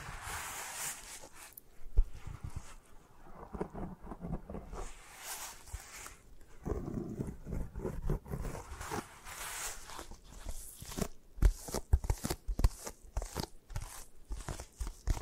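Scratching and tapping sounds with soft rustles, dense and irregular, growing into quick sharp taps and scrapes over the last several seconds.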